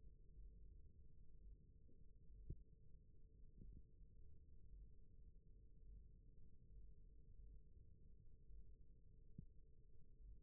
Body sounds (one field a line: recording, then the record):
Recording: forearm muscle sounds (acoustic myography)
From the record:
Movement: rest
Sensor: system 1, eight BSWA MPA416 microphones around the upper forearm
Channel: 7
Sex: male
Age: 28 years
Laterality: right